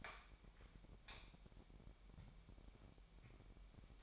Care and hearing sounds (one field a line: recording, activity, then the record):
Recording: daily activity, microphone in the room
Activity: light on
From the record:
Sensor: 1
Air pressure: 1012.0 hPa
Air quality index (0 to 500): 235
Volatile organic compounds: 6 ppm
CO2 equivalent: 1870 ppm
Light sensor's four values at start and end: 13/32/13/15 and 17/47/19/20